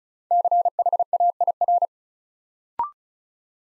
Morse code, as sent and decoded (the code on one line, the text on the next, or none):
-.-. .... .- .. .-.
CHAIR